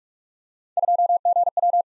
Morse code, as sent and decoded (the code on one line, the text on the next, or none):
..--- --. .--
2GW